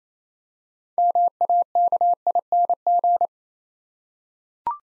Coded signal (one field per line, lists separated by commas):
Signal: Morse code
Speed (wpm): 28 wpm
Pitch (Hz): 700 Hz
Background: none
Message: MAKING